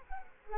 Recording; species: mosquito wingbeat signal from an infrared sensor; Culex quinquefasciatus